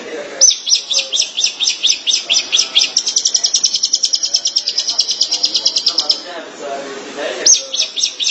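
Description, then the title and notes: Long-tailed Shrike song: a long, fast run of high chattering notes that speeds into a rapid trill, pauses briefly, then starts again. Recorded March 2017. "Pentet 201703. Suara burung pentet"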